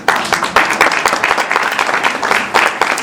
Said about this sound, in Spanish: Un aplauso, por favor.